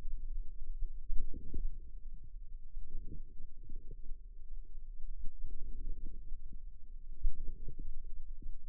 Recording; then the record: forearm muscle sounds (acoustic myography)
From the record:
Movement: wrist flexion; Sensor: system 2, bracelet of six BSWA MPA416 microphones around the upper forearm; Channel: 2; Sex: female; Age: 22 years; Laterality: right